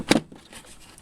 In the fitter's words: need to slide those hinges back till they click in place